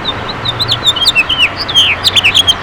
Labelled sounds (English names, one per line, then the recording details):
House Finch song
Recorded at Freeport on Long Island, New York, on 28 May 2013
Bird E